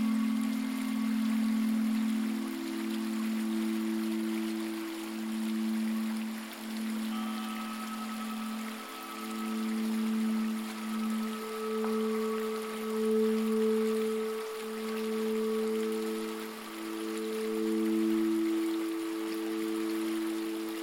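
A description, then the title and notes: Singing bowls hum in long, steady tones, the low note pulsing gently in slow waves while a higher ring joins around seven seconds and another near ten. A soft, constant trickle of water runs beneath the drone throughout. Calming vibrations of a singing bowl sound bath and ambient nature sounds.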